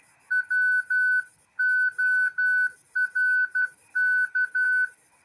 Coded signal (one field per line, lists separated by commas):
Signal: Morse code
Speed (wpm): 12 wpm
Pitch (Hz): 1500 Hz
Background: none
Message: WORK